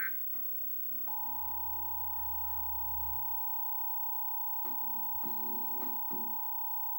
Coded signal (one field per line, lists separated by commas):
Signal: Emergency Alert System (SAME) tones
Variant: 853 and 960 Hz attention tone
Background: music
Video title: EAS: New Jersey RMT (12/16/2025)